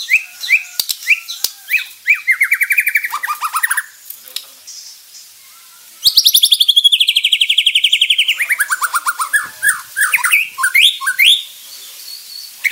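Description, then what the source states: White-rumped shama song, a rich varied run of rapid trilled phrases, fast buzzy note series and descending whistled sweeps, with short pauses between bursts. Bordan type of white-rumped shama.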